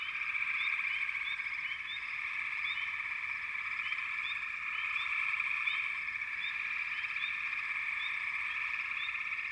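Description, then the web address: Frog chorus, a dense continuous trilling wall of many calling frogs, with short rising chirps scattered over the top throughout. "Dan Gibson Echoes of Nature. American Wilds. Frog Chorus"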